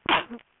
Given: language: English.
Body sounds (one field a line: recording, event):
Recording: throat vibration sensor signal played as sound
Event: cough